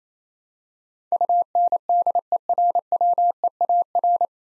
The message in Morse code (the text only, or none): UNDERWEAR